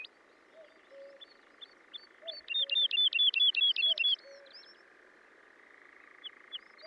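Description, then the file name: Woodlark song: after scattered soft notes, one quick series of about ten liquid, looping notes repeated evenly, over a steady background drone and faint low notes. "British Library - ZHavoronok Lesnoj"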